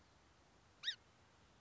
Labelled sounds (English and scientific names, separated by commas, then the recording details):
Song Sparrow (Melospiza melodia)
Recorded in Sonoma County, California